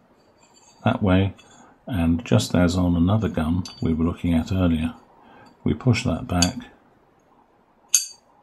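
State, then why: Seated. During reassembly of a Smith & Wesson 1911PD Crimson Trace pistol, the barrel is dropped into the slide and a part is pushed back while someone talks. A single sharp metallic click at 8.0 s marks the barrel assembly part seating into place in the slide.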